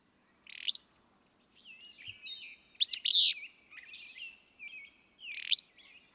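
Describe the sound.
Willow flycatcher giving three abrupt buzzy song phrases a couple of seconds apart, with quieter whistled chirps between them.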